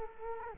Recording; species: mosquito wingbeat signal from an infrared sensor; Culex quinquefasciatus